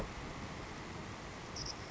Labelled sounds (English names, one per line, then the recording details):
Savannah Sparrow
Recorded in Sonoma County, California